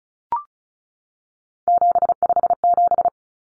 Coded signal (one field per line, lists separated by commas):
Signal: Morse code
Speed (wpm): 34 wpm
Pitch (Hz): 700 Hz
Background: none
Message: 757